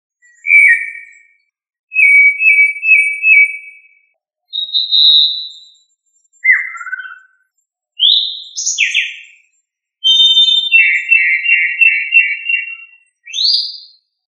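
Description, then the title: Thrush song with clear whistled phrases, repeated warbled notes, a rising note and a buzzy trill, delivered in separate bursts with pauses between them; background silent. "Familia Turdidae - Sabia"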